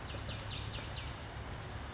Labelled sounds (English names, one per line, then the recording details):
Western Flycatcher
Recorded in Sonoma County, California